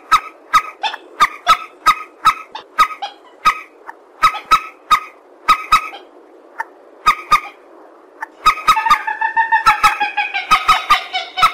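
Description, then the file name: Purple swamphen giving short nasal honking notes in quick bursts, each a sharp harmonic bark, building near the end into a dense, rapid cackling series. "tieng trich re keu"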